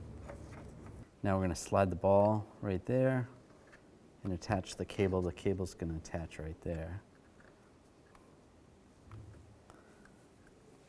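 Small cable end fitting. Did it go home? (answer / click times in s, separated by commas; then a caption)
no / none. The door latch release cable end, with its ball, is being fitted into its slot on a new rear exterior door handle for a 2005-15 Nissan Xterra while someone talks. A few faint handling ticks follow near 8.2, 9.1, 9.7 and 10.1 seconds. Nothing has clicked or seated yet.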